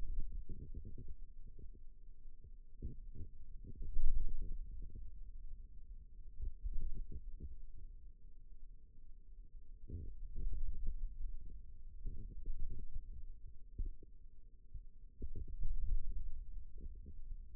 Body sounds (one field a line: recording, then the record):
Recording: forearm muscle sounds (acoustic myography)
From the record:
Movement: ulnar deviation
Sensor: system 2, bracelet of six BSWA MPA416 microphones around the upper forearm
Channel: 3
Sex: male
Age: 22 years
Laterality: right